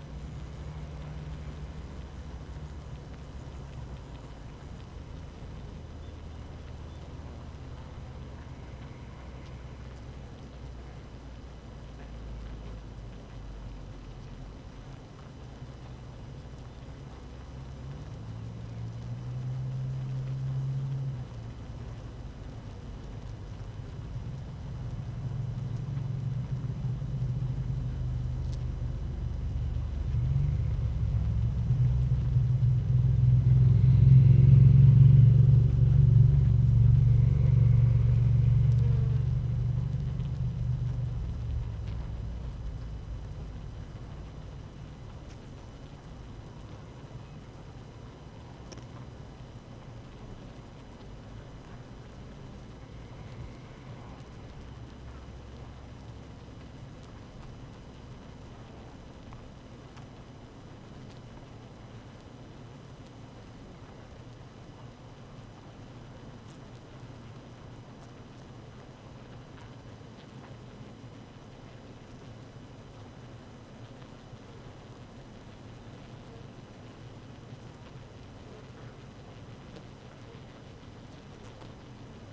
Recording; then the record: honeybee colony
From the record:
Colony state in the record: active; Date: 12 June 2018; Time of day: 6:25